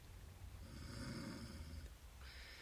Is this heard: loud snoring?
yes